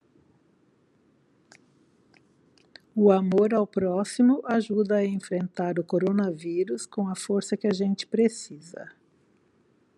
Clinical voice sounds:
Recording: spoken sentence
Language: Brazilian Portuguese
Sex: female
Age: 60 to 69 years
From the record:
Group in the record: control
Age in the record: 68 years

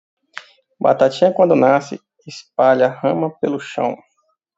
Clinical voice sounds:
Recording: short text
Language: Brazilian Portuguese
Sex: male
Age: 30 to 39 years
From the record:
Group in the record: control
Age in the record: 38 years

